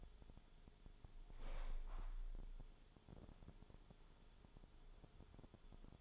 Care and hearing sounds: daily activity, microphone in the room; open window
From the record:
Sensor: 5

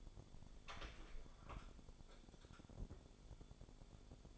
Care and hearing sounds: daily activity, microphone in the room; open door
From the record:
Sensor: 5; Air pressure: 1015.1 hPa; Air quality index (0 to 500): 212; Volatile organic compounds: 11 ppm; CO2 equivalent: 2300 ppm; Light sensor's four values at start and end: 35/80/32/31 and 35/80/32/31

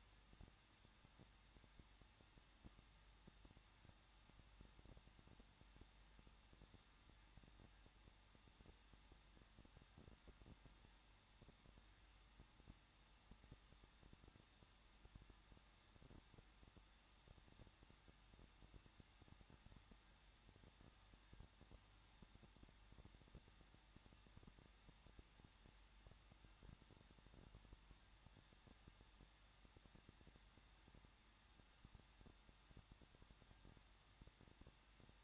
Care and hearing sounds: daily activity, microphone in the room; no activity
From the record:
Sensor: 3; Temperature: 21.2 degrees Celsius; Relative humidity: 36.3%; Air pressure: 1006.3 hPa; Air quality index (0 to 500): 222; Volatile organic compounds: 41 ppm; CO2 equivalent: 3166 ppm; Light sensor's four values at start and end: 2/3/2/2 and 2/3/2/2

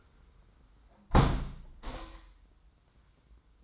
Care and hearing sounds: daily activity, microphone in the room; close window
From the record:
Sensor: 3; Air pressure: 990.3 hPa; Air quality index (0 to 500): 187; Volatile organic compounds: 1000 ppm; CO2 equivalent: 6082 ppm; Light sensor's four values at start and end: 34/81/33/31 and 33/79/32/30

